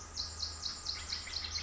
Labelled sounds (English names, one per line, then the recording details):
Pacific Wren
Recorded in Sonoma County, California